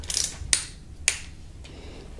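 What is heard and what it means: A click-type torque wrench with a 10 mm socket tightens the camshaft cap bolts in the cylinder head of a Kia Optima 2.4 GDI engine to about 5.9 Nm. Two sharp clicks sound at 0.5 s and 1.1 s, with faint faster ticking before the first. The wrench clicks, confirming the bolts have reached torque.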